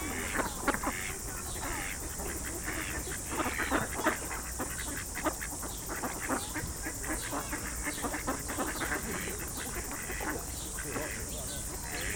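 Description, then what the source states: Ducks quacking in a busy flock, many overlapping short nasal calls throughout over a steady background hiss. Several ducks.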